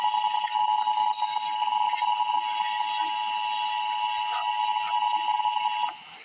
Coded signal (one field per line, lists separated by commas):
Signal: Emergency Alert System (SAME) tones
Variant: 853 and 960 Hz attention tone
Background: speech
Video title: Emergency Alert System - Special Weather Statement - Apr 13, 2026 at 8:52 PM EDT